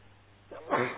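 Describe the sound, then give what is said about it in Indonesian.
A single sneeze: a brief breathy intake followed by a sharp, loud burst of noise that quickly fades, with no talking around it. “Alhamdulillah. Yahdina wa yahdikumullah wa yuslih balakum.”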